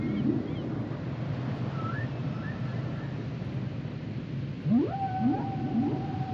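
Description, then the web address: Whale song: faint short whistled slides early on, then a clear run of rising sweeps ending in a long flat tone, above steady rumble. "Whale Songs Whales and Dolphins - whale nature sounds songs"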